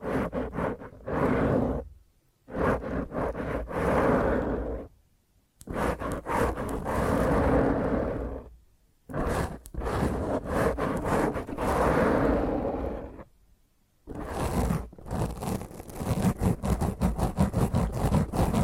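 Fingernails scratch roughly across a microphone in loud, dense bursts of grating scraping, each lasting a couple of seconds. Short silent gaps fall near 2, 5, 9 and 14 seconds. The scratching is full and gritty from deep rumble to hissy top.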